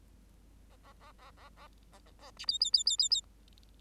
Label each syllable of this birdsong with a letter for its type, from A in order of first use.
A A A A A A A A A B C C C C C C